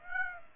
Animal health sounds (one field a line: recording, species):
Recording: mosquito wingbeat signal from an infrared sensor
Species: Aedes aegypti